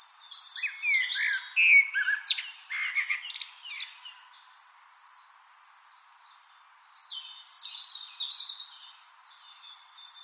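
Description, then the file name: Eurasian blackbird giving short mellow warbled phrases early on, followed by quieter high chirps and trills. "Turdus merula"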